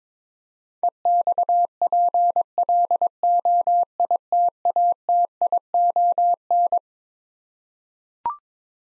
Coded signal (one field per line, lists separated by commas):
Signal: Morse code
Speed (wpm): 22 wpm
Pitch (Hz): 700 Hz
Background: none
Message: EXPLOITATION